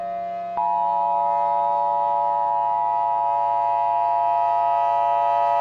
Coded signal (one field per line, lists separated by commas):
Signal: Emergency Alert System (SAME) tones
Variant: 853 and 960 Hz attention tone